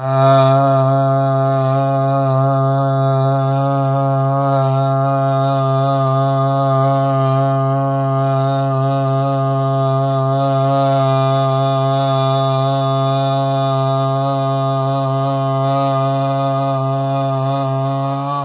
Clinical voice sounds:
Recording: sustained vowel /a/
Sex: male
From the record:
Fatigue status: no fatigue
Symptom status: asymptomatic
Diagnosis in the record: COVID-19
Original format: 3gp

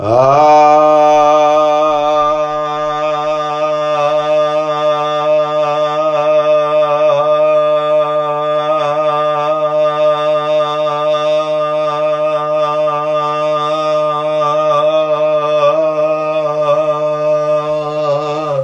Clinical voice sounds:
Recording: sustained vowel /a/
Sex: male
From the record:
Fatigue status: no fatigue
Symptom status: asymptomatic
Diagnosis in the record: COVID-19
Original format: m4a

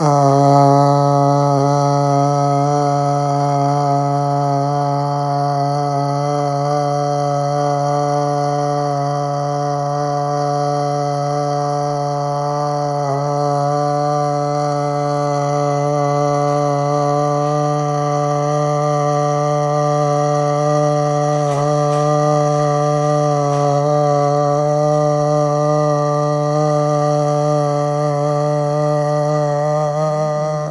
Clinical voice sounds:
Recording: sustained vowel /a/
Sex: male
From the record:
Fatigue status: no fatigue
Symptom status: asymptomatic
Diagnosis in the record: COVID-19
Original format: m4a

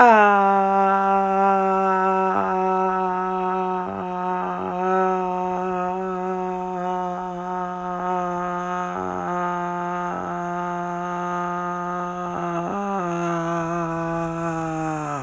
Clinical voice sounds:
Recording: sustained vowel /a/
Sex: female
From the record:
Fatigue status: no fatigue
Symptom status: asymptomatic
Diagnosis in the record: COVID-19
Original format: m4a

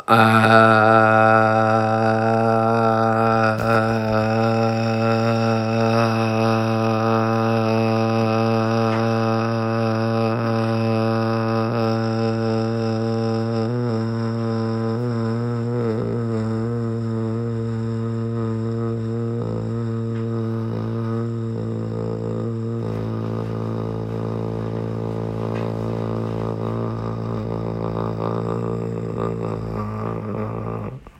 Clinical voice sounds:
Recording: sustained vowel /a/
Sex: male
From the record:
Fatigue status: fatigue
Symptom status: symptomatic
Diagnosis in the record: COVID-19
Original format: m4a

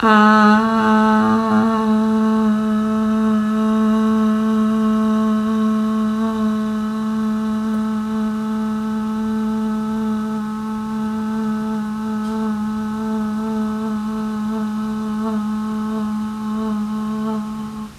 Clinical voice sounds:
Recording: sustained vowel /a/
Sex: female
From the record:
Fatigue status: no fatigue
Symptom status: asymptomatic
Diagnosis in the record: COVID-19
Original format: m4a

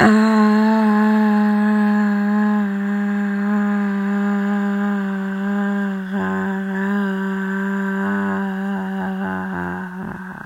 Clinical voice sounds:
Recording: sustained vowel /a/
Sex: female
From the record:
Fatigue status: no fatigue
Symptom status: symptomatic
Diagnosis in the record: COVID-19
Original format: m4a

